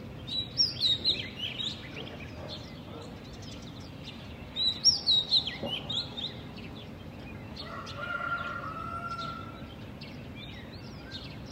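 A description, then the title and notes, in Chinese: Birds chirp in short twittering bursts around one and five seconds over a steady low rumble, with a brief drawn-out call near eight seconds. 这段声音来自于4月23日的早晨。Kidd发来大理清晨的声音。都是用简单的设备录制而成，没有经过太多修饰。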